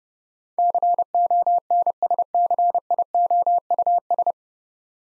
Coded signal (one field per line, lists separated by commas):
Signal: Morse code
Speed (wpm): 31 wpm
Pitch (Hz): 700 Hz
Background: none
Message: CONSCIOUS